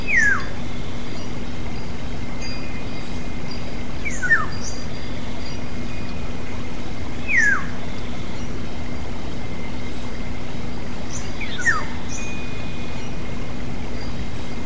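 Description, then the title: Black-naped oriole giving four falling, slurred notes spaced a few seconds apart, accompanied by faint high chirps from other birds and a constant low hum. "kepodang"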